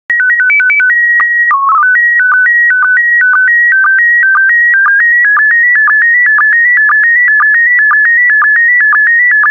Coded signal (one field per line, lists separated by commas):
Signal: SSTV (slow-scan television)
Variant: PD 120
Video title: 44011 Alaska SSTV PD120